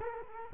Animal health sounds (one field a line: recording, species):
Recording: mosquito wingbeat signal from an infrared sensor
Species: Culex quinquefasciatus